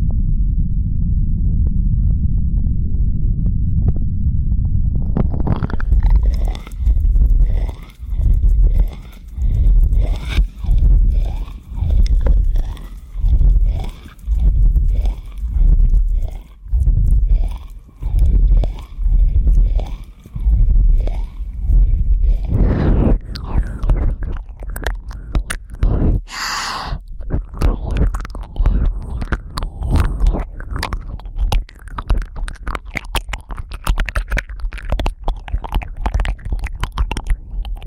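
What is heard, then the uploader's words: Intense ear licking begins after a low muffled rumble, settling into a steady rhythm of wet, sweeping strokes roughly once a second. Past the twenty-second mark it turns denser and crackly, with rapid clicks and smacks and a sharp bright burst near twenty-six seconds. Intense Ear Licking.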